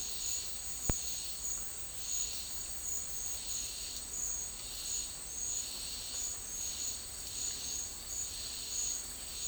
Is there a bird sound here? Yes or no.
no